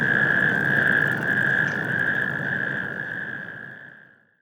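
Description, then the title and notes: Natterjack toads trilling together in a dense rolling chorus that fades away at the end, low rumble beneath. Toads at industrial wasteland Kai 6, Stockstadt am Main, heard from Main riverbank at Mainaschaff, Germany; warm spring night shortly before 22:00; likely last calls before development; mid-side stereo, Rycote HC-22, EM283 mic, MixPre 6ii. "Mainufer, Mainaschaff, Deutschland. Kreuzkröten - Kreuzkröten auf der Industriebrache Stockstadt Kai 6. So hören sie sich in der warmen Frühlingsnacht am kurz vor 22 Uhr von Mainaschaff aus an"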